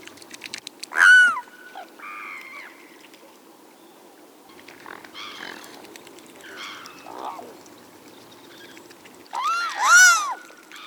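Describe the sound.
Bird, scattered arched, nasal notes with long gaps between them, and a loud pair of calls near the end over background hiss.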